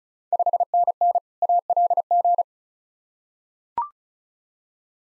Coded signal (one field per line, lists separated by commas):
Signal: Morse code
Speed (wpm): 34 wpm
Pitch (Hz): 700 Hz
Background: none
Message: 5NN ALG